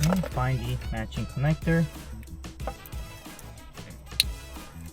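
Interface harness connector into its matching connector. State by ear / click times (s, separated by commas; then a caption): seated / 4.2 s. An interface harness connector for an S-Connect wireless CarPlay unit in a 2018-2021 Lexus NX is pressed into its matching connector while someone talks over music. A few soft knocks are heard around 2.4–3.4 seconds, then a sharp click at 4.2 seconds shows the connector has seated.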